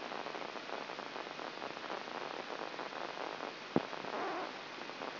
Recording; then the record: brain microelectrode recording played as sound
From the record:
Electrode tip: inside the subthalamic nucleus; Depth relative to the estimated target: -3 mm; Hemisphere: right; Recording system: AlphaMap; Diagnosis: Parkinson's disease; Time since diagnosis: 24 years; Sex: female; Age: 57 years